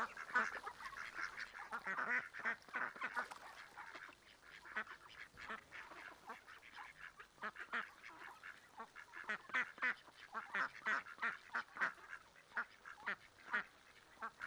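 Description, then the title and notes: Mallard calls, a dense run of rapid quacks and chatter, continuous throughout. Adults, juveniles and ducklings with mothers on a small river in a park, Griñón, Madrid, Spain; Sunday afternoon; excited when people feed them, young begging for food; Zoom H1n recorder. "Paseo de la Senda, 34, Griñón, Madrid, España - Tarde en el parque del río con patos. patos griñon. Domingo tarde. Los sonidos de aves que se escuchan son Ánade Real (Anas platyrhynchos)"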